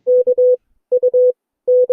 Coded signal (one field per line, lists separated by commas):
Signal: Morse code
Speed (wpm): 22 wpm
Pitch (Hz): 500 Hz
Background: none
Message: KUT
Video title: CW Class - Session 2 (2026-01-29)